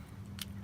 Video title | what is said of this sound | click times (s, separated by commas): FLIGHT CLUB PROTON - 5.5 INCH MID/LONG RANGE RACING DRONE | well the GoPro mount clicks into place and then slides and locks back like that | 0.4 s